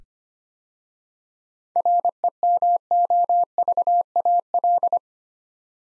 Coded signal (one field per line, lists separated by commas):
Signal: Morse code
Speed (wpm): 25 wpm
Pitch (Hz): 700 Hz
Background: none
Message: REMOVAL